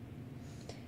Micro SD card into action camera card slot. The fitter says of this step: jam it in there just make sure there's kind of a little click until